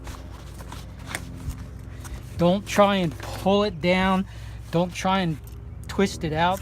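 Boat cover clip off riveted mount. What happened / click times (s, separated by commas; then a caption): The cover clip popped off its mount / 1.2 s. A riveted Quick Clip cover clip on a Bennington boat cover is popped down off its mount to unhook it, rather than twisted out. A sharp click sounds at 1.2 s as the clip releases, and someone talks afterward.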